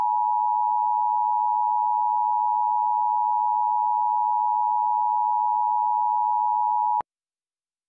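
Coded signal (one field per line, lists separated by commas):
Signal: Emergency Alert System (SAME) tones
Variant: 853 and 960 Hz attention tone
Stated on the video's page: Fictional EAS scenario, simulated alert rather than a real broadcast.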